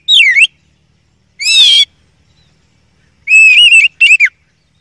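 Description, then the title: Oriental magpie-robin song: short sweeping whistles and a harsh buzzy note, separated by quiet gaps, ending with a wavering whistle and clipped notes. First-place champion (juara 1) song, used to tutor other songbirds (masteran). "Masteran Kacer Juara"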